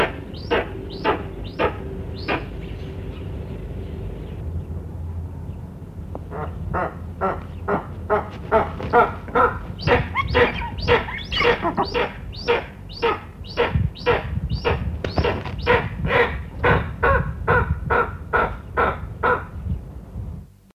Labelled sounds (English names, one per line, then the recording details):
Golden Eagle call
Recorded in captivity
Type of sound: call
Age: adult
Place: Tierpark Berlin, Berlin, DE
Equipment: Halbspur, 9,5 cm/s
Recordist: Lütgens, Hans
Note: Rufe